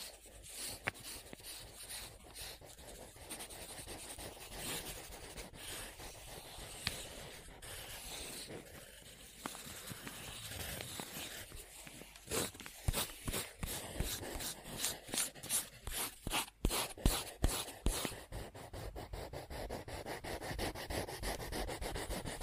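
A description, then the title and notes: Scribbling on paper: a pen or pencil rubs and scratches across the sheet in a dry, papery rasp. The first half is a softer, steadier scrawl; after about twelve seconds the strokes grow louder and choppier, with quick sharp scratches and short pauses between them. Scribbling On Paper.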